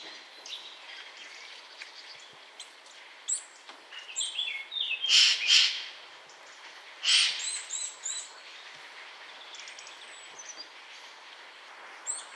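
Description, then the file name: Eurasian nuthatch giving several loud, harsh bursts of calls, with softer high chirps between them. "Sitta europaea"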